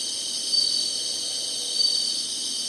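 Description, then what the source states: Insects singing in a continuous high buzzing chorus, with two short louder pulses standing out above the steady drone. Summer.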